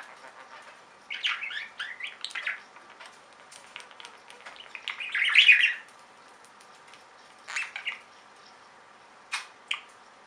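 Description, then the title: Budgerigar chirps and short warbled phrases, scattered with quiet gaps, one louder burst midway and a few clicks late on. "Budgie Sounds"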